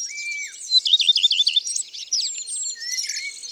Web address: Rougequeue a front blanc. abc de la nature